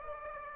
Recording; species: mosquito wingbeat signal from an infrared sensor; Aedes aegypti